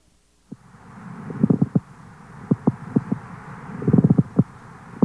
When the surface is thickened by fibrin deposits or coarsened by inflammatory neoplastic cells, the sliding motion is impeded by frictional resistance. The sound produced, the pleural friction rub, resembles the sound of leather sliding on leather.